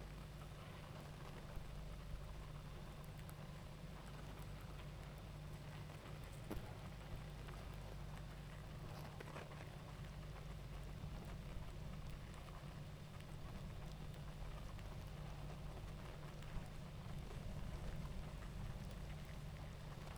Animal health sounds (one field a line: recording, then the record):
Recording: honeybee colony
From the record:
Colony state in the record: active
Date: 28 July 2017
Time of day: 19:15